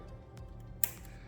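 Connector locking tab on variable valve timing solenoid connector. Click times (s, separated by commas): 0.8 s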